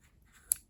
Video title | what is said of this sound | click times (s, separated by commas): A Great Magnifier For Your Spare AR15s - Pinty 3x Magnifier | locks in place it doesn't come up unless you hit this little lever right here | 0.5 s